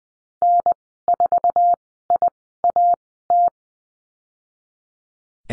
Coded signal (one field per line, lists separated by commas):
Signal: Morse code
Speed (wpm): 19 wpm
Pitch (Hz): 700 Hz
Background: none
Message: N4IAT